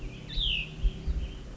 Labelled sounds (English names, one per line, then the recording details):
Cassin's Vireo
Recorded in Sonoma County, California